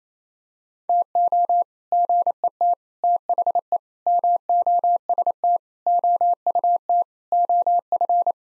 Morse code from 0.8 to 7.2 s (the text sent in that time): TO GET THE MOST OUT